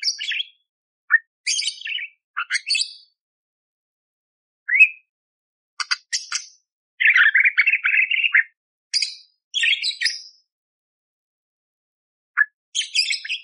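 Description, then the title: Budgerigar song with scratchy chirps and squeaks, including a longer buzzy chattering phrase midway, broken by quiet gaps. Masteran for training songbirds, clear and lively (gacor jernih) with rough tembakan fill phrases, suited for Kacer. "Masteran Burung Parkit Gacor Jernih Isian Tembakan Kasar Cocok Buat Kacer"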